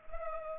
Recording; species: mosquito wingbeat signal from an infrared sensor; Culex pipiens